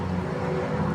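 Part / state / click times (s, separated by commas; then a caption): identification ring on a pigeon's leg / not seated / none. An identification ring, number 62, is being fitted onto a young pigeon's leg. A steady low hum and broadband background noise are heard with no distinct hits. Nothing has clicked or seated yet.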